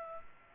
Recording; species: mosquito wingbeat signal from an infrared sensor; Aedes aegypti